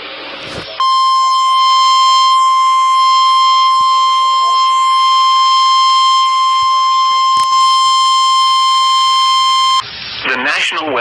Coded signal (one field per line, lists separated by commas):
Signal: Emergency Alert System (SAME) tones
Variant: 1050 Hz attention tone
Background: speech